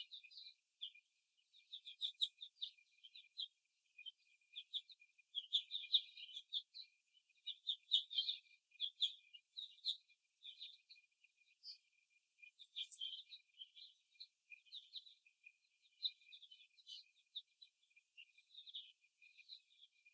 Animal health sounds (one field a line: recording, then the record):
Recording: young laying hens in a cage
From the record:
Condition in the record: before the stressor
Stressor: simulated dog barking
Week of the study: 1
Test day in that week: 2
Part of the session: 2